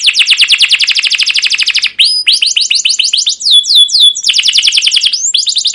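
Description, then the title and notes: Canary song: rapid trills of sharp repeated notes broken by quick whistled slurs, loud and nearly continuous throughout. Canary song used as a lure and tutor for teaching young canaries, with long continuous chirping. "CUIT CUIT NGEROL LANGSUNG GACOR PANJANG Kenari Ini AMPUH Utk Pancingan KENAR. PANCINGAN Kenari GACOR PANJANG Cuit CUIT EMOSI ini AMPUH utk MASTERAN Kenari PAUD belajar BUNYI. burung kenari"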